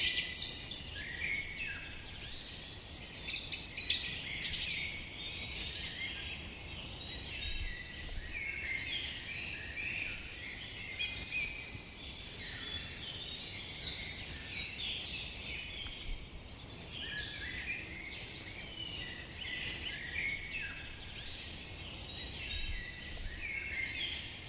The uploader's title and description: Forest Birds Singing. The harmonious chorus of birds creates a soothing and calming atmosphere